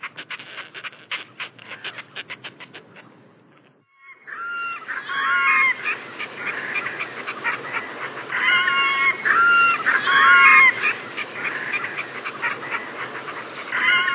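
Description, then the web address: Red-necked grebe calls: a rapid ticking series first, then loud nasal squealing notes in clusters over a steady background hiss. "allan-kierulff -Gråstrubet-Lappedykker"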